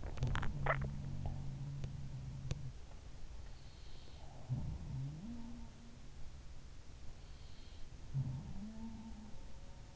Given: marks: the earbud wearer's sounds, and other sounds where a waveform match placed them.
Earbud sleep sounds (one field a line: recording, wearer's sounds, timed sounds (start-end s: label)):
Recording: sounds in sleep by an in-ear microphone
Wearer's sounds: swallowing, teeth grinding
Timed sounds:
0.00-0.98 s: swallowing
0.23-0.59 s: teeth grinding
1.16-1.40 s: teeth grinding
1.76-1.98 s: teeth grinding
2.44-2.62 s: teeth grinding
4.16-5.77 s: sound from someone else or the room
7.91-9.59 s: sound from someone else or the room